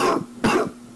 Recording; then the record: coughing mixed with background sound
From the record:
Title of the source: Coughing 77